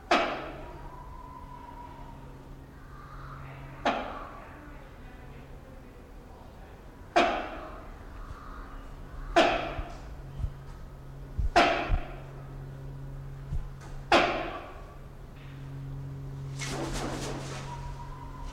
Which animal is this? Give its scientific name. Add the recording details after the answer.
Aceros corrugatus. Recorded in captivity. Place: Zoo Berlin, Berlin, DE. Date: 1992-07-25 11:40. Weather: sonnig (heiter - schwül), 23-26°C. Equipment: Marantz CP 430, Sennheiser ME 80, Kopie Tesla B 116. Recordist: Tembrock, Günter. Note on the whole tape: Männchen mit Lautfolge (Kurzlaute), Abstand ca. 70 cm